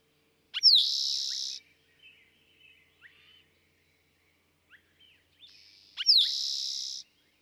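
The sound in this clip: Eastern towhee repeating its song twice about five seconds apart, each a sharp slurred note into a loud buzzy trill, with faint chips between.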